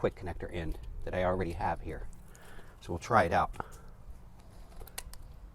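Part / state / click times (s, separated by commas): brass hose quick connector onto pool filter cleaning wand adapter / seated / 5.0 s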